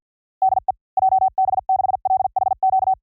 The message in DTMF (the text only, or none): none